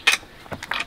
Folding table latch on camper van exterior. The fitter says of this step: So out here, we said we have this folding table, which again, just folds up like this, locks into place.